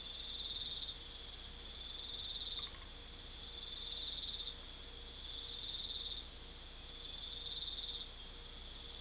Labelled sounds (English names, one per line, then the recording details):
none
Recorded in pastures near Puerto Asís, Putumayo, Colombia, on 21 December 2024 at 01:30
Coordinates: 0.487, -76.322
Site GP09